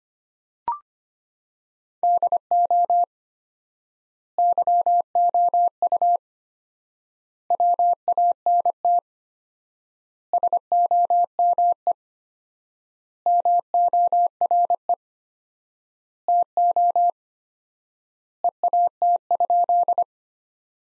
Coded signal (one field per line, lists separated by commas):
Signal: Morse code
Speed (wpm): 25 wpm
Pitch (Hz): 700 Hz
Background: none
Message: DO YOU WANT SOME MORE TO EAT?